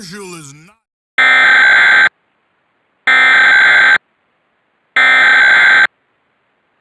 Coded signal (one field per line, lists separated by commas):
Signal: Emergency Alert System (SAME) tones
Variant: header bursts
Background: speech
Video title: EAS reattachment mock | SARA'S Npt (2023)